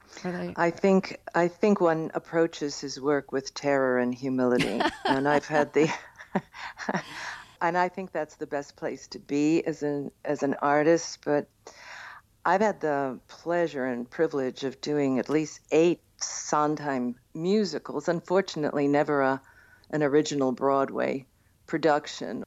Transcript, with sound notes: I think one approaches his work with terror and humility.
(Laughter).
And I've had the - and I think that's the best place to be as an artist. But I've had the pleasure and privilege of doing at least eight Sondheim musicals, unfortunately never an original Broadway production.